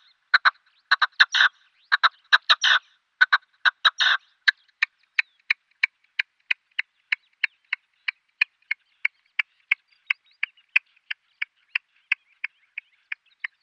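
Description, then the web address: Red-legged partridge display call: a few grouped harsh bursts, then short dry notes repeated evenly, slowly fading. Male red-legged partridge giving its display call. "Schulze Peter Red-legged Partridge male display"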